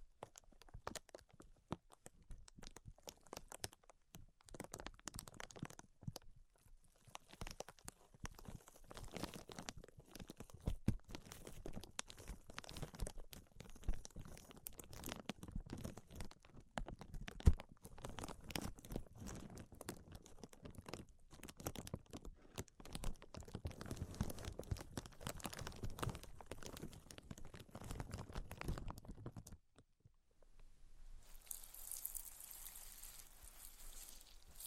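Tapping, scratching and tracing sounds run as a dense, uneven stream of small crackly contacts and crinkles, louder in bursts, with one sharp tap near 17 seconds. Around 30 seconds the activity stops and a soft, bright hiss takes over until the end.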